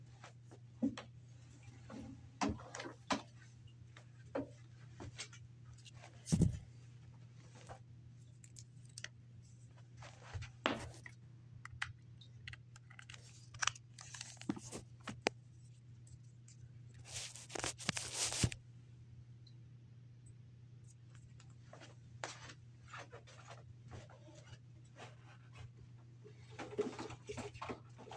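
Cleaning sounds: short rubbing swipes and scuffs of wiping come and go irregularly over a steady low motor hum. A sharp knock lands near six seconds, and a longer hissing spray burst runs from about seventeen to eighteen and a half seconds.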